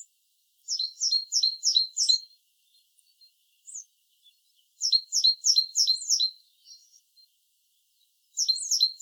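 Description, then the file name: Great tit calls in fast runs of several high, clipped notes, repeated in bursts separated by short quiet gaps. "Parus major"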